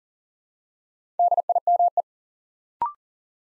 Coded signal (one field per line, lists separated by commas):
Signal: Morse code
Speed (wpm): 39 wpm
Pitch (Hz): 700 Hz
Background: none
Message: DIME